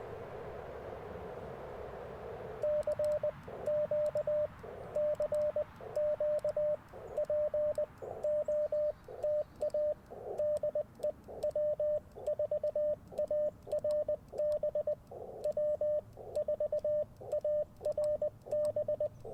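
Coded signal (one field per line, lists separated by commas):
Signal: Morse code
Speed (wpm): 20 wpm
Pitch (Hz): 600 Hz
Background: radio noise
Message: CQ CQ POTA DE W4ARB W4ARB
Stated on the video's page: QRP CW Parks on the Air activation on a WARC band from a national forest, Icom IC-705 with Chelegance MC-750 antenna.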